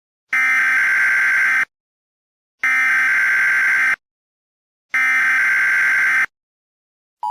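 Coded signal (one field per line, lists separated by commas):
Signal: Emergency Alert System (SAME) tones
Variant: header bursts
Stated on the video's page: Fictional Emergency Alert System scenario about a hurricane, not a real broadcast.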